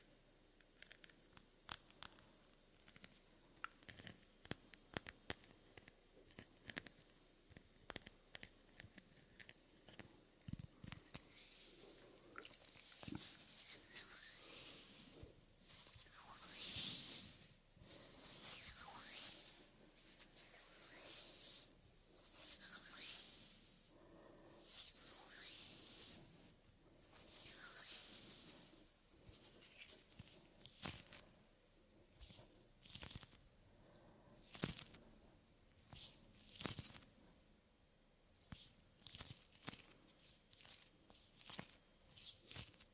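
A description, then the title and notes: Soft hand sounds and skin rubbing up close, with frequent small taps, pats and clicks scattered throughout. From about 15 to 30 seconds, longer airy swishes swell and fade in slow waves, like slow breaths or palms sliding. It is quiet behind them. ASMR Soft Hand Sounds & Movements Skin Sounds Up-Close Breathing.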